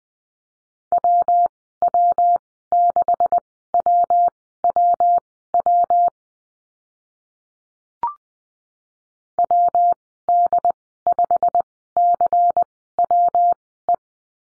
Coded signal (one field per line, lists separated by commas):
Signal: Morse code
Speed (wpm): 20 wpm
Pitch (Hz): 700 Hz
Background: none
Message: WW6WWW WD5CWE